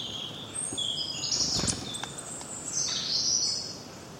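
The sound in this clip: Birds chirping with short high tweets and whistles, with a brief rustling sound in the middle.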